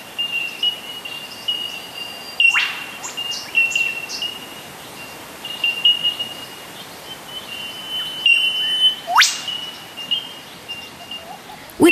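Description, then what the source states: Bell miners giving steady high pure tink notes that overlap continuously, with a sharp whip-crack call cutting through a few times, over a hiss of bush background. Bellbirds tinking, with a whipbird calling through the bush sounds.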